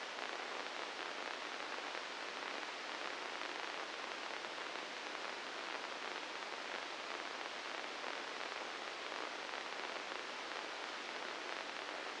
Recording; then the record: brain microelectrode recording played as sound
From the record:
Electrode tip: inside the subthalamic nucleus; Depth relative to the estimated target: -1 mm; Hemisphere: right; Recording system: NeuroSet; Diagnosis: Parkinson's disease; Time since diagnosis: 9 years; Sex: female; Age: 51 years